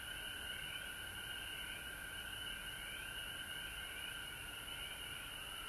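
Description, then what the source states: Frog chorus with many overlapping rising, chirping notes above a constant high drone, without pause. Recorded at home in Georgia on March 19, 2020.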